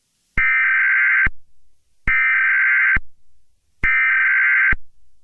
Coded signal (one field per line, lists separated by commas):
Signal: Emergency Alert System (SAME) tones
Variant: header bursts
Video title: Eas Scenario: The Moonlight